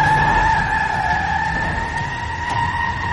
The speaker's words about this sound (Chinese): 伴随着轮胎摩擦地面的声音，三辆车同时停下来。